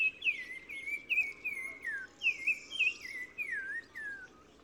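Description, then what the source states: Black-crowned tchagra song: a series of clear whistled notes, each sliding downward, run together in a descending, slightly wavering phrase, with faint higher chirps of other birds behind. Recorded 15 March 2000 in spring at Oued Massa, Morocco, in gardens around Zaouit Massa village at the river mouth; sings in hedges and bushes; repeated phrase; Nagra Ares-BB with Telinga Pro6.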